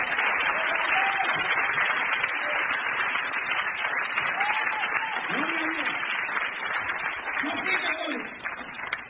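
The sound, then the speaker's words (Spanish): Sustained audience applause to Christ for the Catholics present, a dense steady roar of many hands clapping for about nine seconds, with a few faint voices calling out underneath. “Un aplauso a Cristo por los católicos.”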